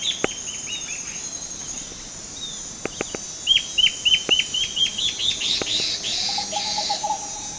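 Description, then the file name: Bird calling in fast trilled strings of clipped downslurred notes, with sharp clicks and a lower chirping voice late on, all over constant shrill insect noise. "SABIOD 50 bird 2015"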